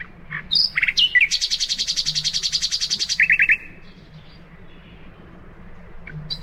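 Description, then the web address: Common nightingale song: a few sharp whistled notes, then a long fast rattling trill, followed by a short lower chattering run and quiet. "birdsong nightingale"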